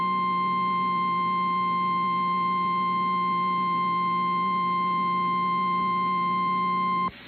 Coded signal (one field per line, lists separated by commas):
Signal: Emergency Alert System (SAME) tones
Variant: 853 and 960 Hz attention tone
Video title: JUNE'S FINAL ALERTS... EAS Alerts from 6/28/23 - 6/30/23 (EAS #2,629 - 2,644)